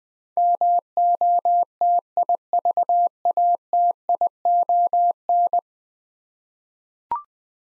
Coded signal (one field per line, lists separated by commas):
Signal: Morse code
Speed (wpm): 20 wpm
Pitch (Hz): 700 Hz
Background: none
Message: MOTIVATION